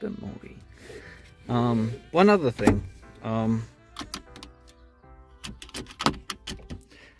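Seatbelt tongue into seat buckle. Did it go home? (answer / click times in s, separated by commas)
no / none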